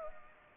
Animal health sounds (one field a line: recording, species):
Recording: mosquito wingbeat signal from an infrared sensor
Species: Anopheles arabiensis